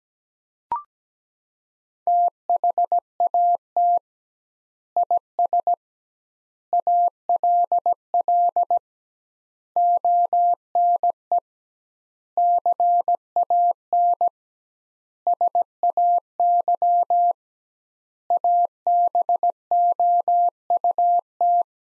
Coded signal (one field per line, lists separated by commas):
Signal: Morse code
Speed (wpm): 17 wpm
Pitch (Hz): 700 Hz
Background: none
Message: THAT IS ALL ONE CAN SAY ABOUT